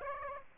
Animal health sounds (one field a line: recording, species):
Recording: mosquito wingbeat signal from an infrared sensor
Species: Aedes aegypti